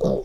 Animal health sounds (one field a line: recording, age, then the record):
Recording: pig call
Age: piglet (1 to 25 days)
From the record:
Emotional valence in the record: negative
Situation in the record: long isolation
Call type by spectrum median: low-frequency call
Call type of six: low-frequency stable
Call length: 0.25 s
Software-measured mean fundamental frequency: 63 Hz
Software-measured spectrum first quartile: 199 Hz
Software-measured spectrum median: 400 Hz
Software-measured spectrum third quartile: 534 Hz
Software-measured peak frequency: 501 Hz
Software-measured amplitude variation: 143 dB a second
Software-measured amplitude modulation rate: 26.1 a second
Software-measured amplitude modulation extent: 5.5 dB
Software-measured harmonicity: 4.0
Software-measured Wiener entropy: -0.87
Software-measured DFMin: 1090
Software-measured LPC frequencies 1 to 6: 517, 3735, 4679, 5556, 7199, 8341 Hz